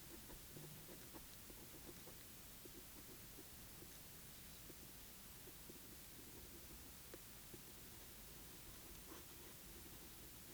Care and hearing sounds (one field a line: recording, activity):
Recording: daily activity, guitar pickup as the sensor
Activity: write